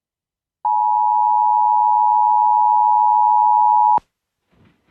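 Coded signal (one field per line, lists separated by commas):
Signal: Emergency Alert System (SAME) tones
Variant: 853 and 960 Hz attention tone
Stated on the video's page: Real EAS and NOAA Weather Radio alerts for a Gulf Coast blizzard: Blizzard, Winter Storm and Extreme Cold Warnings, Winter Storm Watch.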